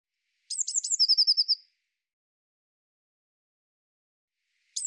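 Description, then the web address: Eurasian blue tit call: a few sharp high notes running into a quick trill, then silence and the start of another call. "cianscape birddata Deverinetal 2025 File cleaned normalized Bird Cy Ca"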